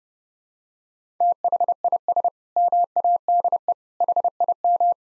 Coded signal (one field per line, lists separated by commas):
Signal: Morse code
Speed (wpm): 30 wpm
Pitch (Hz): 700 Hz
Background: none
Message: THIS MADE HIM